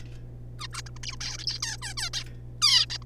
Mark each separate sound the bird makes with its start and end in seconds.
0.59-0.67, 0.73-0.82, 0.86-0.90, 0.96-0.98, 1.03-1.16, 1.21-1.38, 1.38-1.46, 1.47-1.59, 1.60-1.77, 1.82-1.94, 1.97-2.10, 2.13-2.24, 2.62-2.86, 2.90-2.98, 3.02-3.04